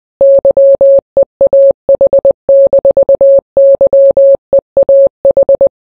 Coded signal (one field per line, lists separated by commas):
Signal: Morse code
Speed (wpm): 20 wpm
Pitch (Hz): 550 Hz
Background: none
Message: YEAH-YEAH